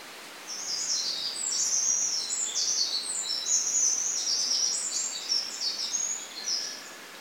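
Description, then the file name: Eurasian wren with a sustained, fast, high trilling song of about six seconds, notes running together into a shimmering rattle over soft hiss. "Troglodytes troglodytes"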